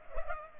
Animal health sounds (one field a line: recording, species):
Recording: mosquito wingbeat signal from an infrared sensor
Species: Culex pipiens